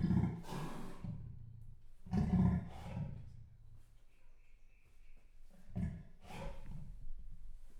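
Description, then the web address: Leopard sawing call: harsh rasping grunts in pairs, one pair early, a second soon after, a third after a pause, a faint steady tone briefly heard before it. Male leopard, captive in a zoo in Jászberény, recorded in 2016. "jaszberenyizoo 2016 leopard himallat"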